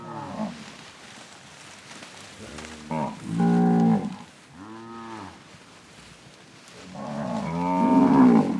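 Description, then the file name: Cattle mooing, several deep harmonic moos of differing length, a long loud one near the end. Cattle grazing on grass, mooing. "Gado pastando grama mugidos"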